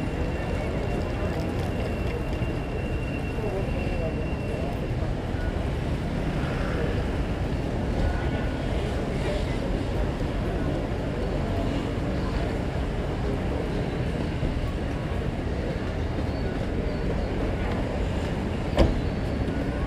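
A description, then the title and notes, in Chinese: Ambience at Hsinchu railway station: a steady, dense low rumble of machinery and crowd noise holds throughout, with a faint thin whine early on and scattered murmurs of voices. A single sharp knock cuts through near the end. S4新竹火車站EP2路口。機械。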